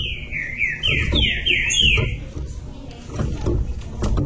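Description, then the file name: Green-winged saltator whistling five quick descending notes in the first two seconds over strong low rumbling noise that continues afterward. "canto do trinca ferro"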